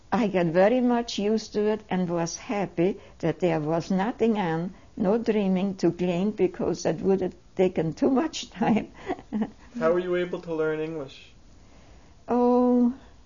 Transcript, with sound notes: I got very much used to it and was happy that there was nothing on, no trimming to clean because that would have taken too much time (she laughs)
How were you able to learn English?
Oh,